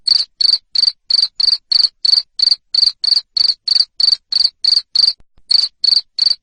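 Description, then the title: Cricket giving a fast series of shrill trilled chirps, roughly three each second, with one short gap near the end. Loud cricket chirping used to stimulate lovebirds to keep singing. "Suara JANGKRIK NGERIK Keras Bikin LOVEBIRD Jadi NGEKEK Terus Vubey"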